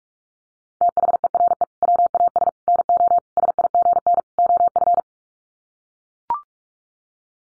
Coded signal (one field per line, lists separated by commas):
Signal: Morse code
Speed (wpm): 44 wpm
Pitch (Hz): 700 Hz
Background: none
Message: THERE WAS NO SIGN OF